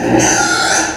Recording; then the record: squeal of a Yucatan mini pig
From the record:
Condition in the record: before surgery on the right vocal fold (resection and tissue-engineered implant); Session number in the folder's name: 3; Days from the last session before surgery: 0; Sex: female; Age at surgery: 19 weeks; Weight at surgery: 25 kg